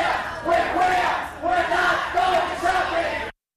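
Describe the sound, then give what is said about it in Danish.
A crowd at a Pride march chants a slogan in unison, likely "Pride is political", loud rhythmic phrases repeated about three times with brief dips between them, voices blending into a dense shouted roar. “Pride is political, tror jeg nok, der blev råbt her.”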